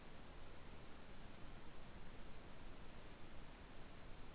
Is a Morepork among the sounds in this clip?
no